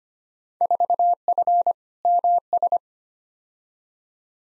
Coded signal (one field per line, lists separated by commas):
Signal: Morse code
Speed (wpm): 25 wpm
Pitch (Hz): 700 Hz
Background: none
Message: 4F MS